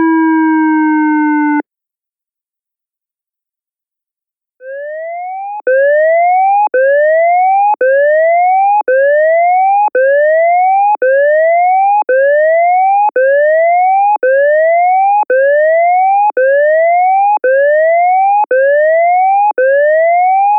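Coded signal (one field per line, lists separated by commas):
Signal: siren signal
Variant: ASC electronic siren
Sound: short low tone, pause, then about 14 repeated rising whoops, each roughly one second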